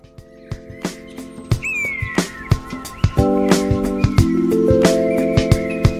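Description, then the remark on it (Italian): A short, unfinished draft theme jingle of steady sustained chords and sharp rhythmic percussive hits, with a few high, gliding chirps like little birds sounding over the music. “No, io non sono d'accordo sugli uccellini, però.”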